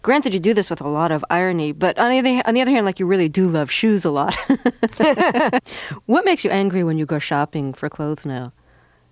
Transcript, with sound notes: And granted, you do this with a lot of irony. But on the other hand, like, you really do love shoes a lot.
(LAUGHTER)
What makes you angry when you go shopping for clothes now?